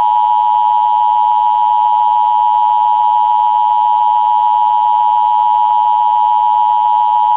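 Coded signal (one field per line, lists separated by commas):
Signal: Emergency Alert System (SAME) tones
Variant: 853 and 960 Hz attention tone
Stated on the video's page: Fake EAS alert made for a day of severe weather.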